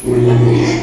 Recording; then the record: squeal of a Yucatan mini pig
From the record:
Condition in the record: after surgery on the right vocal fold (resection and tissue-engineered implant); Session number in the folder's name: 2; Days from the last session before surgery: 13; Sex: male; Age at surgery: 12 weeks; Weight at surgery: 13 kg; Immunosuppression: cyclosporine, prednisolone